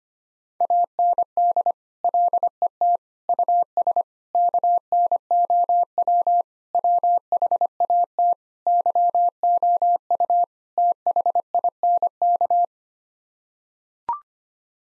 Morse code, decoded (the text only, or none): AND LET US KNOW WHAT YOU THINK